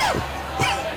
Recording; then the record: coughing mixed with background sound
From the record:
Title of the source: Dry Coughing Fit in the Afternoon.